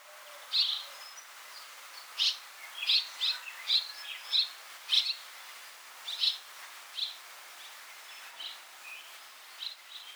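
Bird calls, several short high chips at irregular intervals over a steady background hiss.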